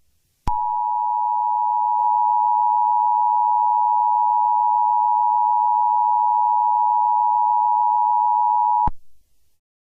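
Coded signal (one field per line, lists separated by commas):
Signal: Emergency Alert System (SAME) tones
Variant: 853 and 960 Hz attention tone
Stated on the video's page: Fictional alert scenario.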